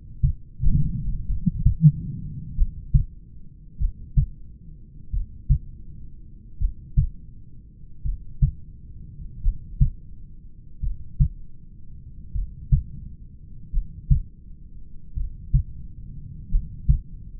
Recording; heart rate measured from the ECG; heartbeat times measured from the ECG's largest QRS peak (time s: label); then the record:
heart sounds by stethoscope; 43 bpm
1.31 s: heartbeat
2.60 s: heartbeat
3.82 s: heartbeat
5.15 s: heartbeat
6.63 s: heartbeat
8.07 s: heartbeat
9.46 s: heartbeat
10.85 s: heartbeat
12.37 s: heartbeat
13.75 s: heartbeat
15.19 s: heartbeat
16.54 s: heartbeat
From the record:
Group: heart failure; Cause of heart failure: familial cardiomyopathy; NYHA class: 1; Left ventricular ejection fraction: 49%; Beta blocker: bisoprolol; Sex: male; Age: 31 years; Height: 194 cm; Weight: 96 kg